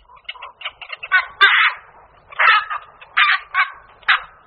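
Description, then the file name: Black-crowned night heron harsh croaking calls, a series of rough bursts of varied length at irregular intervals, softer early and louder toward the end. "Kvakoš-noční"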